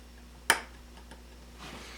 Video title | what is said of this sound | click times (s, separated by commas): iPhone 6 Logic Board Motherboard Replacement How To Change | And you'll just hear it snap right on. | 0.5 s